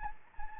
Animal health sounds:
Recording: mosquito wingbeat signal from an infrared sensor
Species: Anopheles gambiae

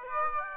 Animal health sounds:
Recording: mosquito wingbeat signal from an infrared sensor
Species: Aedes aegypti

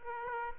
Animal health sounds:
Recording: mosquito wingbeat signal from an infrared sensor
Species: Aedes aegypti

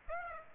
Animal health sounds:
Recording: mosquito wingbeat signal from an infrared sensor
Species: Aedes aegypti

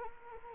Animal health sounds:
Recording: mosquito wingbeat signal from an infrared sensor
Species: Anopheles arabiensis

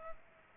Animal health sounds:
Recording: mosquito wingbeat signal from an infrared sensor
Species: Culex pipiens

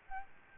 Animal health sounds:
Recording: mosquito wingbeat signal from an infrared sensor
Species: Aedes albopictus

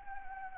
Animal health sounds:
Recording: mosquito wingbeat signal from an infrared sensor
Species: Anopheles arabiensis

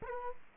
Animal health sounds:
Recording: mosquito wingbeat signal from an infrared sensor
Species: Culex quinquefasciatus

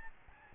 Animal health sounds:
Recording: mosquito wingbeat signal from an infrared sensor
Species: Aedes albopictus

